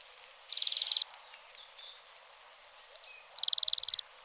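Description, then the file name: European greenfinch giving two rapid buzzy trills, each under a second long, separated by a pause of a few seconds. "Verdier"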